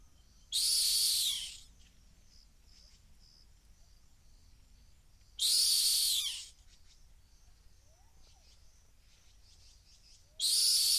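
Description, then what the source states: Rock hyrax giving loud, harsh, high-pitched shrieking calls, each about a second long with a falling tail, repeated roughly every five seconds; soft insect hum in between. Calling from the edge of a gorge in the Masai Mara.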